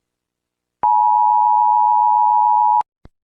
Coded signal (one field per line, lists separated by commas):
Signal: Emergency Alert System (SAME) tones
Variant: 853 and 960 Hz attention tone